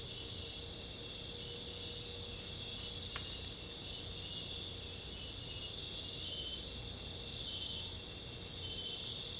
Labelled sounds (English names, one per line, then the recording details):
none
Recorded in secondary vegetation near Puerto Asís, Putumayo, Colombia, on 26 December 2024 at 22:30
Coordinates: 0.484, -76.319
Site GP06